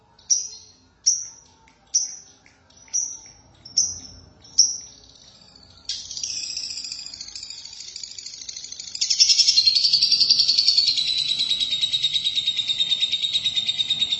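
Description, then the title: Lovebird calls: six clipped high chirps in a regular series, then a buzzy continuous chatter that swells into a louder, shriller trill. "BM Suara Burung Lovebird"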